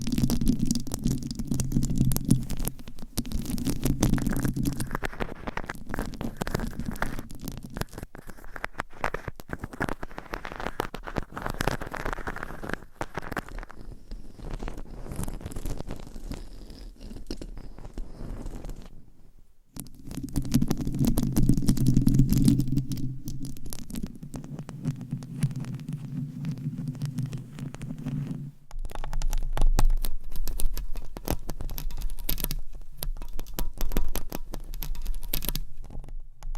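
Scratching, tapping and rubbing sounds run continuously, dense and crackly, with a low rumbling hum beneath that swells strongly in the first and third quarters. A near-silent break falls around 19 seconds, and after 28 seconds the texture turns thinner and scratchier. No voice is heard.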